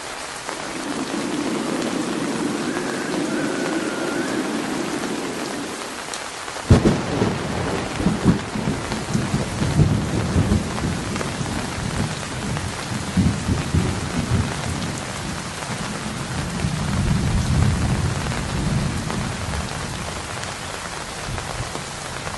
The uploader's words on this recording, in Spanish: Sonido de lluvia, truenos y viento. Es un sonido constante y uniforme.